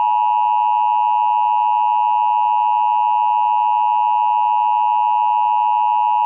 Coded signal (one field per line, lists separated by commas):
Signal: Emergency Alert System (SAME) tones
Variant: 853 and 960 Hz attention tone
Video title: EAS Scenario: Toy Story 5 (Offical COMEBACK)